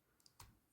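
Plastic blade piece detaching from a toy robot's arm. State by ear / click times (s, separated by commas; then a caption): released / 0.3 s, 0.4 s. A plastic blade piece is pulled free from the arm of a Transformers Rise of the Beasts Beast Alliance Optimus Prime action figure once the arm is brought out far enough. Two short plastic clicks are heard at 0.3 and 0.4 seconds, the second louder and longer, as the blade piece comes free and is released from the arm.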